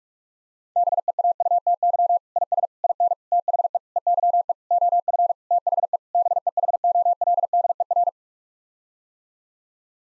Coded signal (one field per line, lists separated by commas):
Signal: Morse code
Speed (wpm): 41 wpm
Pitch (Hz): 700 Hz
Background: none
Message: BEAUTY IS IN THE EYE OF THE BEHOLDER